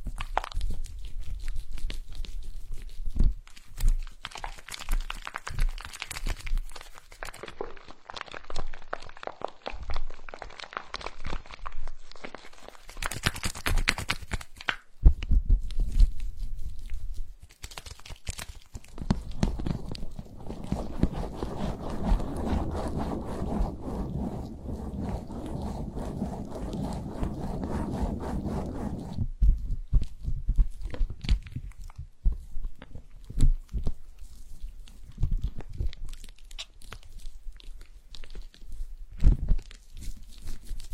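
Dry handling sounds of tapping, smearing and tearing, with frequent soft crunches and sharp taps scattered throughout. From about 19 to 29 seconds a steadier, fuller rushing layer runs underneath, like flowing water, before the sparse tapping returns.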